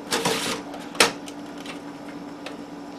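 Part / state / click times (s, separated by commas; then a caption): plastic drive slide rail into the computer case drive bay / seated / 1.0 s. A plastic drive slide rail is pushed back into the drive bay of a vintage Packard Bell computer case, with a scraping slide from about 0.1 to 0.5 seconds over a steady low hum. It snaps into place with a sharp click at 1.0 seconds, seating the rail, and a few faint taps follow.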